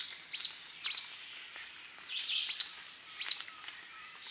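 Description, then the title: Grey elaenia singing four sharp, high, thin notes at uneven intervals against a steady high-pitched hiss. "LuckyPassaro Completos2Sama. Grey Elaenia (Myiopagis caniceps)"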